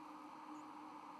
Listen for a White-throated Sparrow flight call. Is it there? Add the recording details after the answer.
no. Another species' flight call is heard. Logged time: 02:47 on 31 October 2014